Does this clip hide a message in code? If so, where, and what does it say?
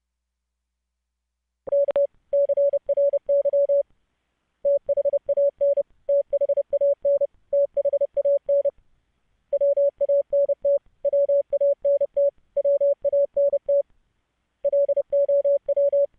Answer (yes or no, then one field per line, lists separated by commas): yes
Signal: Morse code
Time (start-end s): 1.7-16.1 s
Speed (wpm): 30 wpm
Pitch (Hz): 560 Hz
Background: none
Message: K CRY THAN THAN THAN WANT WANT WANT LOW